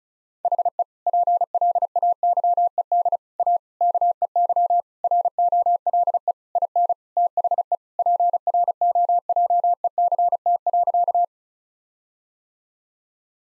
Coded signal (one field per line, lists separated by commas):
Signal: Morse code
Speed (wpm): 36 wpm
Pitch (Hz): 700 Hz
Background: none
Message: HE PLAYED A KEY ROLE IN THE PROJECT.